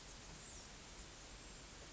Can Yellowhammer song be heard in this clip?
no